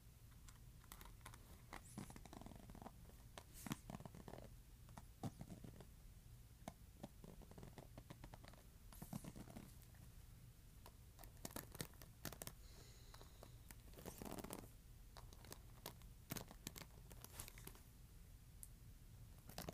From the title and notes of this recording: ASMR Scratching Hairbrush.